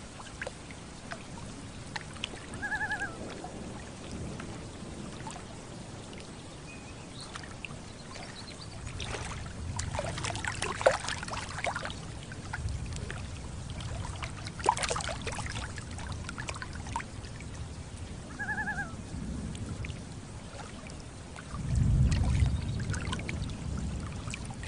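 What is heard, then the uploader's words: Gentle water laps and splashes on a lake over a steady low rumble, with busier trickling bursts around 10 and 15 seconds. A brief two-note loon call sounds near 3 seconds and again near 18. A deeper rumble of thunder swells around 22 seconds. Thunderstorm and Loons on Lake with Gentle Water Lapping.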